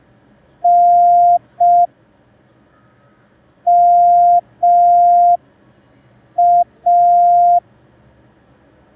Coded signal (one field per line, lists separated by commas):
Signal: Morse code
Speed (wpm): 5 wpm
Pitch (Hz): 700 Hz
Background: none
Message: N MA